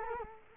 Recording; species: mosquito wingbeat signal from an infrared sensor; Culex quinquefasciatus